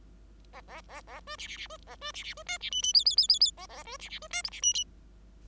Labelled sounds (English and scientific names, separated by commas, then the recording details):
Bengalese Finch (Lonchura striata domestica) song
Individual Bird5